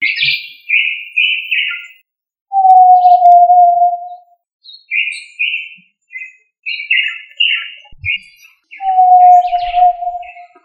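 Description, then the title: Tinamou giving a long, steady, low pure whistle held about two seconds, twice, with bursts of higher chirping notes between them. "Familia Tinamidae - Quail - Puyuh"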